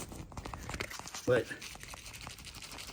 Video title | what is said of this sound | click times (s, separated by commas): Gerber: LMF-II Infantry Knife “CLONE” from Temu. | Hear that click? | 0.8 s